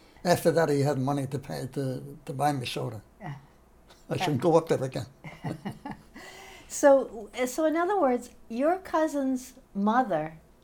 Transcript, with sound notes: After that, he had money to pay to—to buy me soda.
Ah.
I shouldn't go up there again. [laughter]
So—so in other words, your cousin's mother